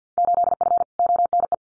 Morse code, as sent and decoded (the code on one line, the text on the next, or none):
---.. ..-. / --- -. .
8F ONE